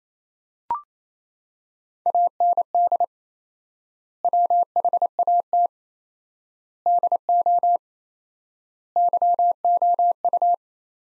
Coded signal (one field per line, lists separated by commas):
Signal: Morse code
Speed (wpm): 28 wpm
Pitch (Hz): 700 Hz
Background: none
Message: AND WHAT DO YOU